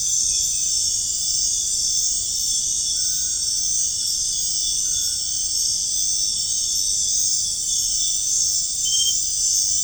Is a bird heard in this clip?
no